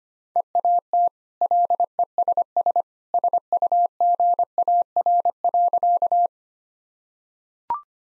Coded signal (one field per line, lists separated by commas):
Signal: Morse code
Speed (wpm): 25 wpm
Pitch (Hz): 700 Hz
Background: none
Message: EAT LESS SUGAR.